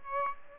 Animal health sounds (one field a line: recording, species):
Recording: mosquito wingbeat signal from an infrared sensor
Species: Aedes aegypti